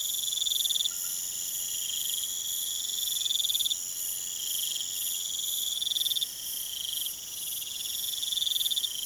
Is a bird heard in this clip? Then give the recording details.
no. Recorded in pastures near Puerto Asís, Putumayo, Colombia, on 23 June 2025 at 02:00. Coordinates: 0.486, -76.323. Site H29